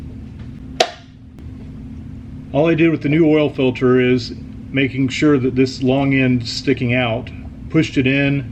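A new oil filter element for a Porsche Cayenne Diesel, long end first, is pushed into the filter housing cap and snaps into place with a sharp click at 0.8 s. A faint tick follows at about 1.4 s, then someone talks over a steady low hum.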